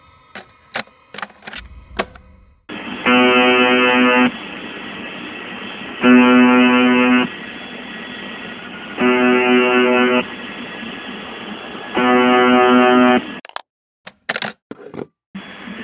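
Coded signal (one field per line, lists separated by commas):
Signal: numbers station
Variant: UVB-76 'The Buzzer'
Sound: four rough, low buzzes about a second long, repeating every three seconds over static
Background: radio static, clicks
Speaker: coloquialmente a la emisión se le dio el nombre de The buer pues durante 23 horas y 50 minutos todos los días Solo parando 10 minutos se escucha un zumbido intermitente es el siguiente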